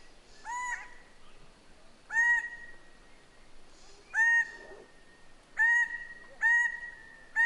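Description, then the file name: Myna giving loud, nasal, honking notes with rich overtones, spaced roughly every one to two seconds over quiet background. Papua New Guinea. "Para Mino"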